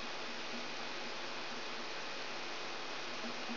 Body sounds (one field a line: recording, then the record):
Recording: brain microelectrode recording played as sound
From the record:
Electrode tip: outside the subthalamic nucleus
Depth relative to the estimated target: -8 mm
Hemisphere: left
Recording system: AlphaMap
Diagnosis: Parkinson's disease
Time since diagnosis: 19 years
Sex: female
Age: 64 years